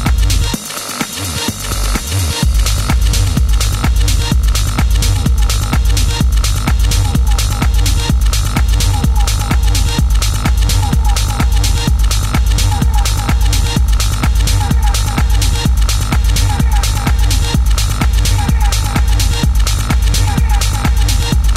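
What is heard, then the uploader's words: A late night party filled with loud, pounding music that runs nonstop. After a brief opening of bright, hissy sound in the first couple of seconds, a heavy, steady beat with deep bass kicks in and keeps a fast, regular pulse to the end. The sounds of a secret late night party. Recorded somewhere in California.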